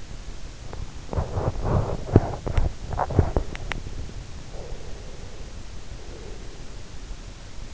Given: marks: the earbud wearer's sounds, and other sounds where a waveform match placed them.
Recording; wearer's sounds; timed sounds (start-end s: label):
sounds in sleep by an in-ear microphone; body movement, breath
0.00-4.16 s: body movement
4.59-6.80 s: breath